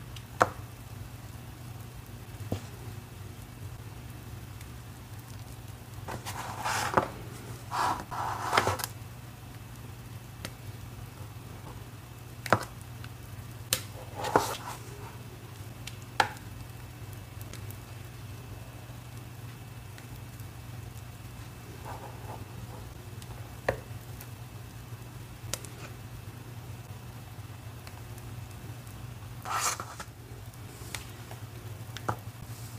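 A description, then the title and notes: Crumbly cornstarch being crushed and handled, with short dry crunches and taps scattered irregularly over a steady low hum. Denser grinding bursts come around seven to nine seconds, fourteen seconds and thirty seconds, with quieter sharp clicks between. Reforming my crispy green cornstarch crunchies. Cornstarch crunchies powder ASMR, including Rolling pin crushes, pebble crushes, sifting, and so much more.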